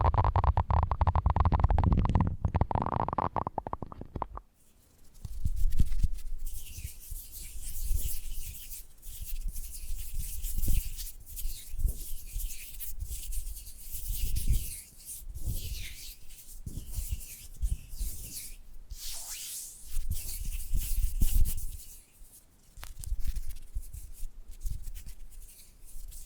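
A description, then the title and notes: Ear scratching, opening with about four seconds of heavy, muffled rubbing. After that come crisp, bright scratches in quick, uneven strokes, each with a soft low thump, pausing briefly near the twenty-two second mark. ASMR Hypnotic First Person Triggers Ear Scratching, Face Brushing etc (No Talking).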